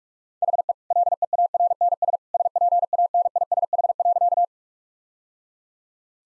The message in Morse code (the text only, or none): HE LEARNS SPANISH.